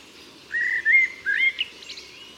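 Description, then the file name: Common blackbird song: a smooth, level whistled phrase with slight rises, ending in a faint high twitter. "Turdus merula"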